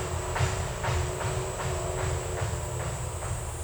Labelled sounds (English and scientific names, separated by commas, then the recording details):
none
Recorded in dense forest near Puerto Asís, Putumayo, Colombia, on 16 December 2024 at 10:00
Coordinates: 0.467, -76.328
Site GP05